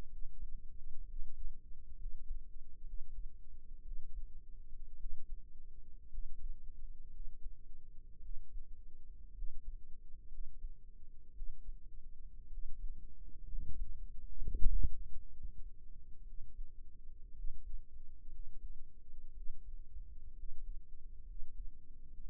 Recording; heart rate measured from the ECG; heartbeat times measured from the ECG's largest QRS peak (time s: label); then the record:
heart sounds by microphone in the right ear; 60 bpm
0.08 s: heartbeat
1.04 s: heartbeat
1.96 s: heartbeat
2.84 s: heartbeat
3.82 s: heartbeat
4.97 s: heartbeat
6.09 s: heartbeat
7.10 s: heartbeat
8.20 s: heartbeat
9.33 s: heartbeat
10.28 s: heartbeat
11.32 s: heartbeat
12.48 s: heartbeat
13.46 s: heartbeat
14.40 s: heartbeat
15.31 s: heartbeat
16.23 s: heartbeat
17.33 s: heartbeat
18.29 s: heartbeat
19.33 s: heartbeat
20.33 s: heartbeat
21.25 s: heartbeat
22.15 s: heartbeat
From the record:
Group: healthy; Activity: rest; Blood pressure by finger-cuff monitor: 100/63 mmHg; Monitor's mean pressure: 77 mmHg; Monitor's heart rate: 59 bpm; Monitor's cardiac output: 5.5 L/min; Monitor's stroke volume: 91 mL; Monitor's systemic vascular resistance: 1020 dyn s/cm5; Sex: male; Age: 22 years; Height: 181 cm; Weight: 79 kg